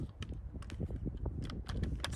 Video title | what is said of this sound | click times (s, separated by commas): Hanyang Type 88 (7.92x57mmJ) History & Shooting Demo | you can push that button in and the clip pops out | 0.2 s